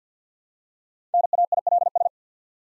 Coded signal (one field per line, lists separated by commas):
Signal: Morse code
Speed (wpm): 50 wpm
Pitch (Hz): 700 Hz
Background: none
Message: NAILS